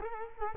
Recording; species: mosquito wingbeat signal from an infrared sensor; Culex quinquefasciatus